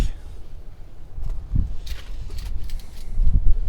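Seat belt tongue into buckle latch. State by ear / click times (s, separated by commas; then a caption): seated / 1.9 s. A driver pulls the seat belt across the body and pushes the metal tongue into the buckle to check that it latches properly. A sharp click sounds at 1.9 s, followed by a few lighter rattles over a low rumble. The belt latches and is seated.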